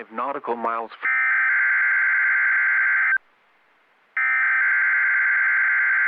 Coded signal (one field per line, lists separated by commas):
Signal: Emergency Alert System (SAME) tones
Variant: header bursts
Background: speech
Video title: 1/31/24 WXL51 Required Weekly Test (EAS #3)